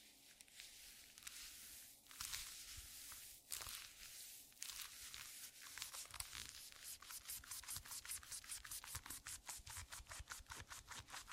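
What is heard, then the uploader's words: Squeaky leather glove sounds, dry, with crinkly rubbing and creaking that starts as slower, smeared squeezes and builds into a rapid, regular run of short squeaks from about the seventh second to the end. A faint low hum sits underneath throughout. TimASMR-ASMR Squeaky Leather Glove Sounds (NO TALKING).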